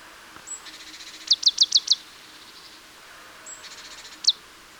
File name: Poecile palustris